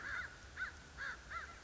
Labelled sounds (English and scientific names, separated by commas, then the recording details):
American Crow (Corvus brachyrhynchos)
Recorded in Sonoma County, California